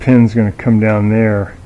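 Someone talks while handling a Whirlpool washer that isn't spinning, with the lid's plastic strike pin about to come down into the lid switch opening. Nothing has seated or clicked yet.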